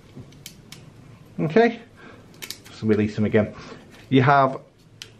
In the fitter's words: they pop out and then to push them back down you simply push and it locks in place